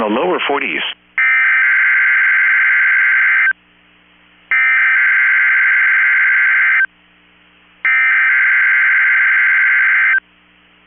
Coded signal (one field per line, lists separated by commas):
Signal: Emergency Alert System (SAME) tones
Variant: header bursts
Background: speech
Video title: 2/28/24 - KEC65 Required Weekly Test (EAS #1004)